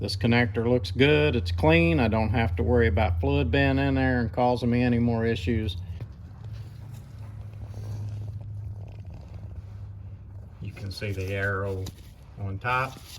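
Someone talks over a low steady hum while a clean, fluid-free transmission harness connector is handled and lined up by the arrow on top, ready to go into the truck harness connector during a wiring harness replacement for shift solenoid codes on a 1999–2003 Chevrolet Diesel with an Allison transmission. From about 6.0 to 10.8 s there are only faint small handling ticks under the hum, then the talking resumes. Nothing has seated or clicked yet.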